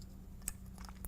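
A plastic Cat6 keystone jack is pushed into a snap-in holder or termination stand over a steady low hum, giving a sharp click at 0.5 s and another short tick near the end. The jack seats firmly in the holder.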